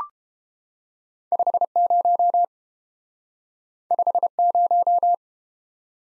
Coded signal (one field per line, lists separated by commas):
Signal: Morse code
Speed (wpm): 31 wpm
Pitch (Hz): 700 Hz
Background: none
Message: 50 50